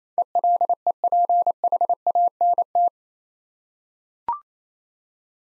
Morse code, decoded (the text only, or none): ELEPHANT